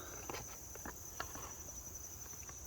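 The display wiring connector is handled against the display socket on the dash of a 2022 Can-Am Outlander XMR 1000R during a fuel pump relay fuse upgrade. Soft plastic ticks and taps, the sharpest near 1.2 s, play over a steady high-pitched hiss. Nothing has seated or clicked yet.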